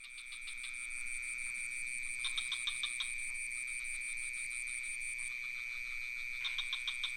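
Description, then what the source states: Crickets in a steady high continuous trill with a second shrill pulsing band above, joined by short bursts of rapid clicking frog-like calls around two and six seconds. Recorded near a pond in Ubud with some frogs; Sony PCM D50 recorder, Rode NT4 microphone.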